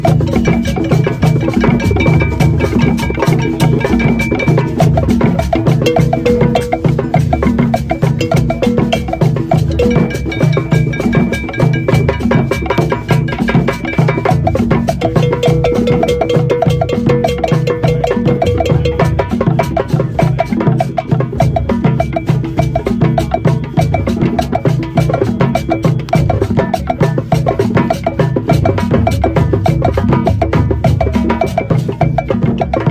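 Many hand drums play together at dawn around a fire in a stone circle, a dense, steady pounding of low thuds with rapid overlapping strikes throughout. Faint sustained tones sound briefly early on and around the middle, over a constant crowd murmur.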